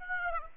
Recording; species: mosquito wingbeat signal from an infrared sensor; Aedes aegypti